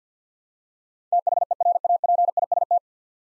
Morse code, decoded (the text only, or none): THERAPIST